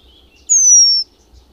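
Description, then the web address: Eurasian penduline tit: a single thin, high, drawn-out whistle sliding gently downward for about half a second, with quiet background otherwise. "Madardalok Cd 3 Függőcinege"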